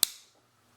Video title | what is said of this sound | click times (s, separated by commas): Battlbox Mission 81 | it locks into place | 0.0 s